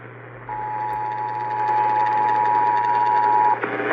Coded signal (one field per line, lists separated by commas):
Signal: Emergency Alert System (SAME) tones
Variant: 853 and 960 Hz attention tone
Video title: Eas Shv Svr on KWKH-AM Eas#1922